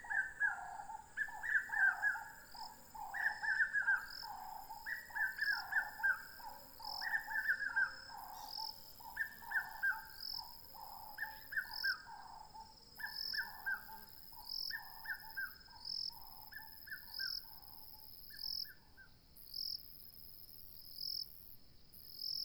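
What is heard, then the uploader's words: Recorded at Mmabolela Reserve in Limpopo, South Africa: a bird calls in a steady series of short, hoarse, mid-pitched notes, roughly one per second, gradually weakening and stopping near nineteen seconds. A thin, bright insect-like hiss and faint ticking continue throughout. Sonic Mmabolela 2018. Mmabolela Reserve, Limpopo, South Africa.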